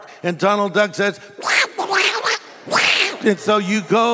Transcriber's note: quacking sound